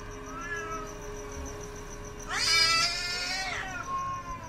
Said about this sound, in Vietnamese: Bỗng nhiên đâu đây văng vẳng lên tiếng con mèo nó kêu, khiến cho mụ Hai giật mình choàng tỉnh.